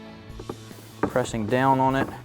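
Rubber edge trim, the longer piece from an Injen Evolution cold air intake kit with dry filter for a 2011-2019 Challenger 5.7L HEMI, is pressed down onto the curved edge of the plastic intake heat shield. Someone talks over music, with a faint tap near 0.5 s and a sharper sound at 1.0 s. The trim has not seated or clicked yet.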